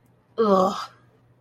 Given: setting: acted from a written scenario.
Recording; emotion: vocal sound without words; contempt